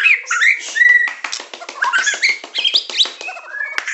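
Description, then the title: Oriental magpie-robin singing a rich, varied song of clear whistles, slurred notes and buzzy chatter, with quick changes of pitch and sharp clicks between phrases. "Kicau Kacer"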